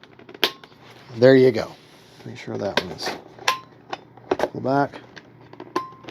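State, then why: Seated. The spring-loaded wing retaining latch on an HSDJets F-9 Cougar 80mm foam RC jet is pulled back while the foam wing slides into the fuselage, then released to spring forward. Someone talks over sharp plastic knocks near 0.4 s and 3.5 s. The latch clicks in at 5.8 s, locking the wing into the fuselage, confirmed seated.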